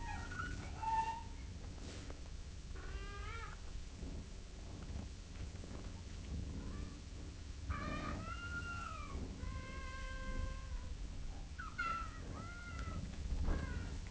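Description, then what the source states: Cat giving several short meows and chirps scattered throughout, some rising, some falling, separated by pauses, over a low background rumble. Gently meowing in long intervals.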